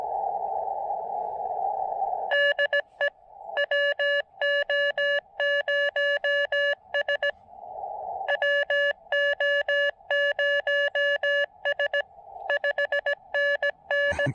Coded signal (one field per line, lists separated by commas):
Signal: Morse code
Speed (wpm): 17 wpm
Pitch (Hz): 1700 Hz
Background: none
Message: DE WO0S WO0S 5NN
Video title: POTA Field Report: Activating South Mountains with the N6ARA TinyPaddle!